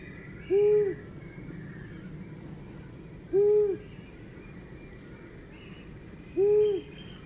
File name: Gufo Comune